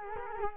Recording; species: mosquito wingbeat signal from an infrared sensor; Culex quinquefasciatus